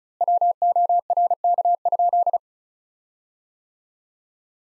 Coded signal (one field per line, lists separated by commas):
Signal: Morse code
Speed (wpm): 36 wpm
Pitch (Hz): 700 Hz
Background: none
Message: WORK?